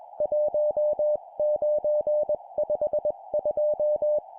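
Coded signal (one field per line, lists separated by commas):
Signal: Morse code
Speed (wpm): 21 wpm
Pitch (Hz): 600 Hz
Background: music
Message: 1952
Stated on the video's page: Morse code practice at 20 wpm: four-character groups of numbers.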